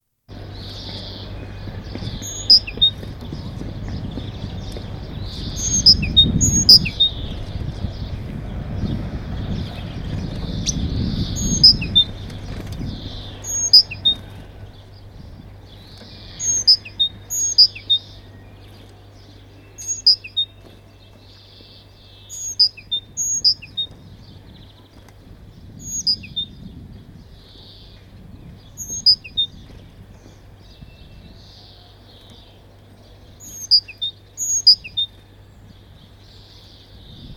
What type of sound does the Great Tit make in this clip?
call